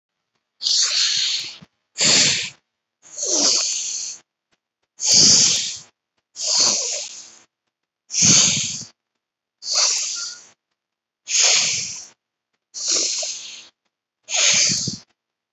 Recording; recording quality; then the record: deep breathing; excellent, no background noise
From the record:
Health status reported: COVID-19 positive, mild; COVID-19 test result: positive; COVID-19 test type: RT-PCR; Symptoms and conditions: fever, diarrhoea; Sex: male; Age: 33 years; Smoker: no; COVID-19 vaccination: one dose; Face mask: worn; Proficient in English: yes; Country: India